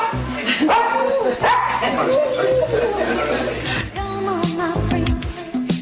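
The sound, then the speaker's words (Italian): A dog barks loudly and repeatedly in quick, uneven bursts, the harsh woofs mixed with higher yips and whines that fill the whole stretch without a pause. “ti faccio sentire la voce del cane, stai ben attenta, Sentirai, 1, 2, vai.”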